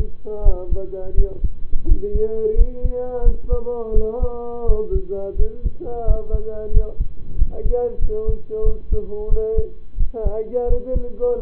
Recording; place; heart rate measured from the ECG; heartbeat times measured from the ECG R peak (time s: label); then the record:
heart sounds by stethoscope; between the tricuspid and mitral areas; 88 bpm
0.42 s: heartbeat
1.14 s: heartbeat
1.85 s: heartbeat
2.54 s: heartbeat
3.22 s: heartbeat
3.92 s: heartbeat
4.65 s: heartbeat
5.35 s: heartbeat
6.04 s: heartbeat
6.71 s: heartbeat
7.35 s: heartbeat
7.99 s: heartbeat
8.63 s: heartbeat
9.28 s: heartbeat
9.97 s: heartbeat
10.67 s: heartbeat
11.38 s: heartbeat
From the record:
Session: rest, lying down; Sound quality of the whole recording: partially saturated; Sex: male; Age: 25 years